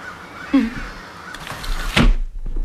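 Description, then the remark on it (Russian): Crows outside an open window caw a few times in harsh, raspy bursts spaced irregularly over a low background hum, with one louder, broader squawk near the end before things quiet down. “Послушайте, закройте, пожалуйста, окно. Они действуют мне на нервы. Кто? Вороны.”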